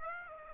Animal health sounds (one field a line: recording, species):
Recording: mosquito wingbeat signal from an infrared sensor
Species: Aedes aegypti